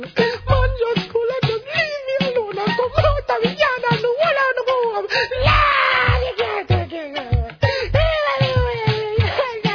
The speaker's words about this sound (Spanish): Es una canción que canta enteramente llorando. La canción se la pasa llorando. Y canta como en un estado de llanto constante.